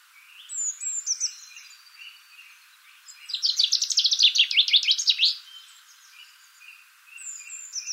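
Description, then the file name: Common chaffinch song, one loud descending trill with terminal flourish in the middle, softer high chirps and whistles from other birds around it. "Fringilla coelebs"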